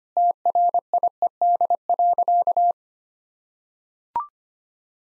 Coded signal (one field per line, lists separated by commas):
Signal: Morse code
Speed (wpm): 25 wpm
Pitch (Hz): 700 Hz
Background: none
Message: TRIED.